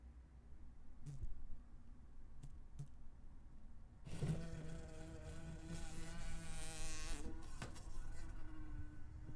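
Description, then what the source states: Wasp: near-quiet background, then a wasp's buzzing drone starts suddenly after about four seconds and continues, wavering in pitch, to the end. Wasp buzzing while flying around.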